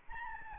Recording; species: mosquito wingbeat signal from an infrared sensor; Aedes albopictus